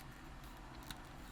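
A plastic leg piece on a Transformers Legacy United Leader Class Tigerhawk action figure is pushed a second time into its slot in the figure's body. Against a steady low background hum, a single short, sharp click sounds at 0.9 s as the leg snaps into place. The piece is seated.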